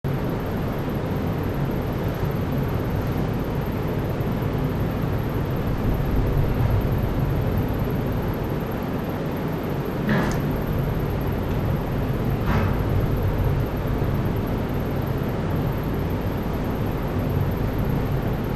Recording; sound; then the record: horse showing discomfort; grunting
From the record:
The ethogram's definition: a short, sharp, low-pitched vocalization